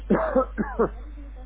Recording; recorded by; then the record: voluntary cough; telephone call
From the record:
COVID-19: negative